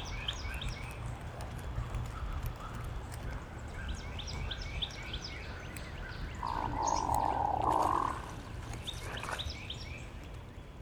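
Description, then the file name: Hooded Merganser giving one purring croak in the second half, amid many faint background chirps and hiss. "Hooded Merganser - Lophodytes cucullatus"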